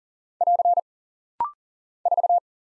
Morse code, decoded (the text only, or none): <AR> 4